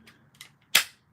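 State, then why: Seated. A tape-runner adhesive refill cartridge is pushed into its plastic dispenser cover and seats. A few soft, faint ticks at about 0.1 s and 0.4 s precede one sharp, loud snap at 0.8 s as it pops into place, followed by a short decaying tail. No one talks.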